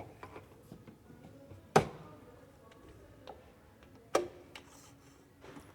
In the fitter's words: and you got these two steadies these two support poles they just clip in there